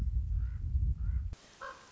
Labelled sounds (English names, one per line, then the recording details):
Common Raven
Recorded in Sonoma County, California